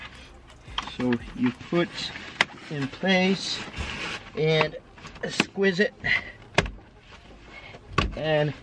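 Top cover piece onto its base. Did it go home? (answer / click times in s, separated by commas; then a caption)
no / none. Someone talks while a top cover piece is put on its base, squeezed and pushed back, with a few short, sharp handling knocks along the way. The clip ends before the piece goes home, and nothing has clicked into place yet.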